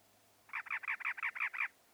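Northern mockingbird song: one burst of about seven quick repeated notes, evenly spaced, in a single phrase lasting just over a second, with no other sounds.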